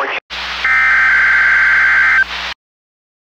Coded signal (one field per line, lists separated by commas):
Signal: Emergency Alert System (SAME) tones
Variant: header bursts